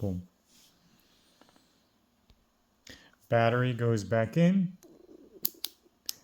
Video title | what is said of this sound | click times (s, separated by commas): INSTA360 X3 OPENING, UNBOXING, SETUP AND WALKTHROUGH - (GROVER.COM RENTAL) | until it clicks and locks in | 6.1 s